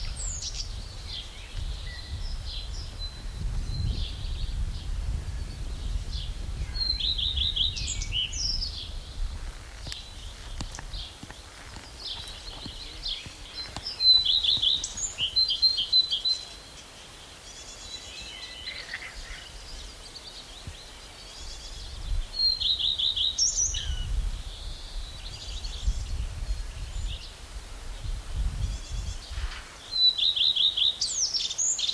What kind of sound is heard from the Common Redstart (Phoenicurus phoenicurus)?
song